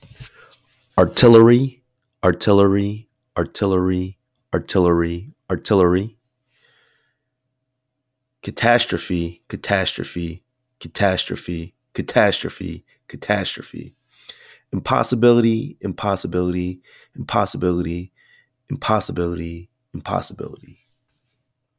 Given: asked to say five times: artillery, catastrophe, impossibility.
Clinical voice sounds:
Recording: three words, each repeated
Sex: male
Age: 30 to 39 years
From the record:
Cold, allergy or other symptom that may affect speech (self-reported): no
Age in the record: 35 years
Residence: Ohio, United States

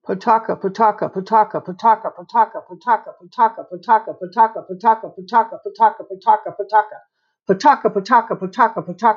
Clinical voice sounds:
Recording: repeated syllables /pa ta ka/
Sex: female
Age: 50 to 59 years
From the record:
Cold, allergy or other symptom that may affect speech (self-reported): no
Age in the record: 57 years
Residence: California, United States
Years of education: 14

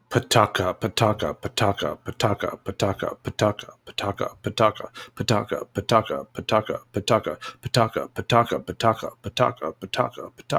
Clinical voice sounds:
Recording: repeated syllables /pa ta ka/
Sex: male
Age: 40 to 49 years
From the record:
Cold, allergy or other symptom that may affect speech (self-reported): no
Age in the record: 46 years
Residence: New York, United States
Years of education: 12

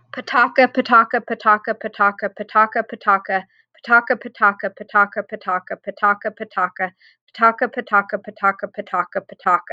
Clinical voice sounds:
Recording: repeated syllables /pa ta ka/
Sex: female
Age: 40 to 49 years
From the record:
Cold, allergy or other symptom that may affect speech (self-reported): no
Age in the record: 46 years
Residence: California, United States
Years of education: 16

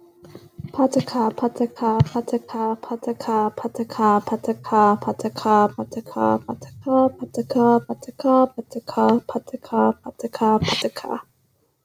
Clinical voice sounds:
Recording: repeated syllables /pa ta ka/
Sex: female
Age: 20 to 29 years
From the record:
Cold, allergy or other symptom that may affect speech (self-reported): no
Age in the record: 27 years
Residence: North Carolina, United States

